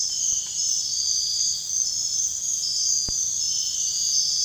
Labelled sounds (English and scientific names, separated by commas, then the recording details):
none
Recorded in dense forest near Puerto Asís, Putumayo, Colombia, on 21 February 2024 at 05:30
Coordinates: 0.485, -76.322
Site G6406